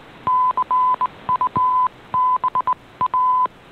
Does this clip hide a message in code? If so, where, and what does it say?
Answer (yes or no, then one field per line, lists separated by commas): yes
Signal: Morse code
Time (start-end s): 0.3-3.5 s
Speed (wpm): 19 wpm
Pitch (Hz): 1010 Hz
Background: none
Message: CUBA